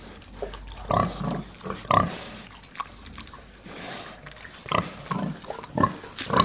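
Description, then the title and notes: Pig grunts, low and broken, in short bursts with a few higher squeaky notes, separated by quieter pauses. Black sow nursing her six piglets at Cascina Pasque' farm, Besnate, Italy, 11 December 2018. "Besnate - Cascina Pasque' - 20181211-Un maiale nero con i suoi sei maialini in atto di allattamento"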